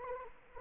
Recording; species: mosquito wingbeat signal from an infrared sensor; Anopheles arabiensis